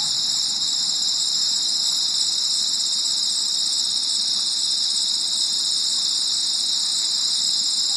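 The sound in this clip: Cricket trilling in an even, high, beating drone that holds constant throughout, over a soft low background hum.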